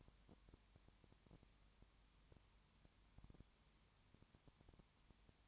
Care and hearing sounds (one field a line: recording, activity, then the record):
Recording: daily activity, microphone in the room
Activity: no activity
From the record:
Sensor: 3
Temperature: 21.1 degrees Celsius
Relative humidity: 37.0%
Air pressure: 1010.6 hPa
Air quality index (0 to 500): 204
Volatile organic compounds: 31 ppm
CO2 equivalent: 2974 ppm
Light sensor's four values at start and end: 2/3/2/2 and 2/3/2/2